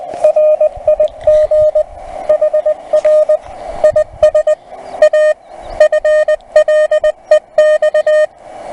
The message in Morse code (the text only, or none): RIG HR IS A FLEX